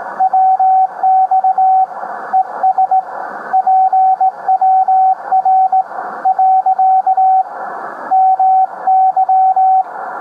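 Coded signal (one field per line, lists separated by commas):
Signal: Morse code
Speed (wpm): 18 wpm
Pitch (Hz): 760 Hz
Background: radio noise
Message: WX ES PWR . MY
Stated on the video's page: CQ call in Morse; the grid locator begins with KG.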